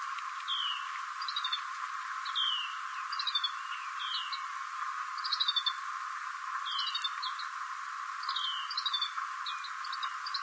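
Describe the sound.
Black-headed goldfinch giving high, twittering chirps in short clustered bursts, repeated steadily throughout over a constant background hiss.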